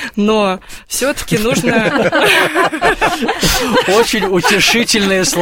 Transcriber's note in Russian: общий смех